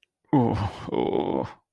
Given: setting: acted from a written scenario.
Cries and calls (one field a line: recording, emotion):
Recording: vocal sound without words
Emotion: shame